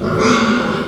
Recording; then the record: squeal of a Yucatan mini pig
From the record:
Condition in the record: after surgery on the right vocal fold (resection and tissue-engineered implant); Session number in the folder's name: 16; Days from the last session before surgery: 183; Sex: female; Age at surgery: 19 weeks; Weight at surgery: 25 kg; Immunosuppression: prednisolone